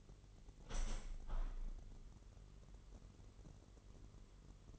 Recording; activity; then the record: daily activity, microphone in the room; open window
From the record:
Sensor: 4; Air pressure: 999.3 hPa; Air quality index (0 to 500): 113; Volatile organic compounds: 2 ppm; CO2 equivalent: 1118 ppm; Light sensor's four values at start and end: 14/33/14/15 and 14/33/14/15